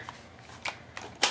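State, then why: Not seated. An aftermarket polymer rifle magazine is pushed into the lower receiver magwell of an Anderson AR-15 pistol, making a few short plastic knocks and rattles around 0.7 s and 1.0 s and a louder clack at 1.2 s. The magazine has not latched or clicked into place; it does not hold.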